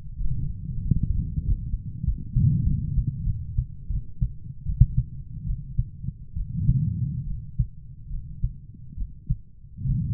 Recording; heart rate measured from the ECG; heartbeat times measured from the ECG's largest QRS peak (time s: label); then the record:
heart sounds by stethoscope; 81 bpm
0.15 s: heartbeat
0.81 s: heartbeat
1.43 s: heartbeat
2.03 s: heartbeat
2.63 s: heartbeat
3.23 s: heartbeat
3.87 s: heartbeat
4.63 s: heartbeat
5.44 s: heartbeat
6.33 s: heartbeat
7.24 s: heartbeat
8.08 s: heartbeat
8.95 s: heartbeat
9.83 s: heartbeat
From the record:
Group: healthy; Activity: Valsalva maneuver 0-2 s, rest 2-10 s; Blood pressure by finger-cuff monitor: 142/80 mmHg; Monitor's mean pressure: 104 mmHg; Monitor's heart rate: 79 bpm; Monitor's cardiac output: 6.5 L/min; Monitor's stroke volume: 70 mL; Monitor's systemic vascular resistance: 1210 dyn s/cm5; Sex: female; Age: 43 years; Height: 160 cm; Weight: 90 kg